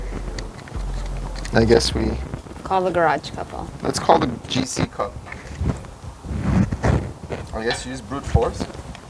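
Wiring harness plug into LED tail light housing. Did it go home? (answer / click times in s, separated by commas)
no / none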